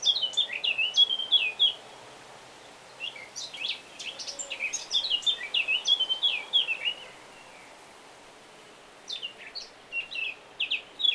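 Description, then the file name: Eurasian blackcap song, a rapid scratchy warble of varied notes in several bursts separated by short pauses, ending with scattered twittering phrases. "Sylvia atricapilla"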